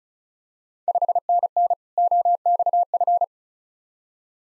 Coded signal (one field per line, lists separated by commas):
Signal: Morse code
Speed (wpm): 34 wpm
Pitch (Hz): 700 Hz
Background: none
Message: 5NN OXF